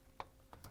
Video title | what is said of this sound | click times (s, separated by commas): How To: Whirlpool/KitchenAid/Maytag Dishwasher Adjuster Cover WPW10250162 | make sure those tabs go in lock it in and hold it in place | 0.2 s